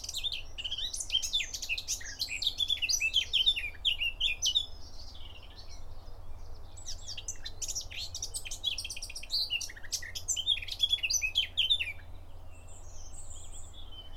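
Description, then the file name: Eurasian blackcap song, a dense run of quick chattering and warbled notes that pours out in bursts, with a brief lull midway and steady low hum beneath. "Sylvia atricapilla"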